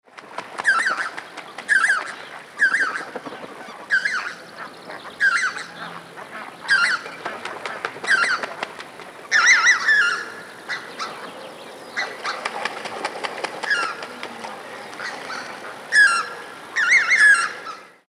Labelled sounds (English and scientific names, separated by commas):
Lesser White-fronted Goose (Anser erythropus)